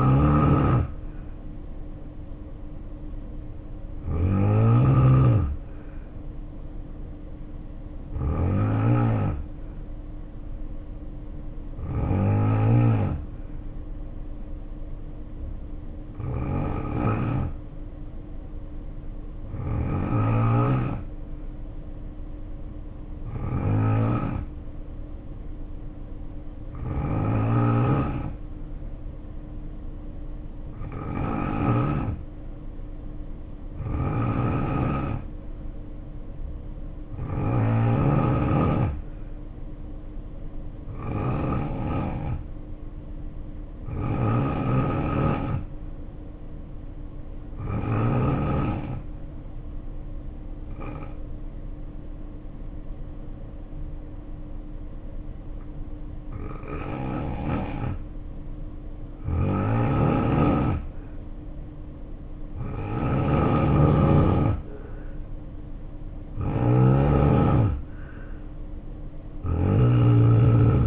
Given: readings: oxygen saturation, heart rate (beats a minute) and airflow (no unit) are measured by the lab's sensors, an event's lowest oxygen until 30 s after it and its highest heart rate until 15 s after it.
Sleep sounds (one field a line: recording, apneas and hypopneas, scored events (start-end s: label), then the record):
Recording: breathing in sleep by a smartphone at the bedside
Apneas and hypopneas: 2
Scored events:
9.00-32.10 s: hypopnea (N2, oxygen 93% highest, then 89% lowest, heart rate 62 at the start, 64 highest)
49.00-65.20 s: hypopnea (N2, oxygen 90% highest, then 84% lowest, heart rate 62 at the start, 71 highest)
From the record:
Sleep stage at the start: N2 (light sleep)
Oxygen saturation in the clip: 87 to 93%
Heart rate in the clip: 55 to 70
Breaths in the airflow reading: 19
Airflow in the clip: -2.0 to 3.8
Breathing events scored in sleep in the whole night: 520 in 7.2 hours asleep